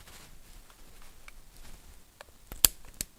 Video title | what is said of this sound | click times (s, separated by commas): The simplest Bosch starter full strip and reassembly | just like that did hear it click in | 2.6 s